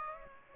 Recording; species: mosquito wingbeat signal from an infrared sensor; Aedes aegypti